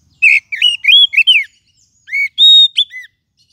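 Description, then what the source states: Lovebird calls: a burst of sharp, shrill chirps, some rising and some falling, then a short pause before a second run of clear, high whistled notes. Lovebird call used as a lure (pikat) to attract lovebirds.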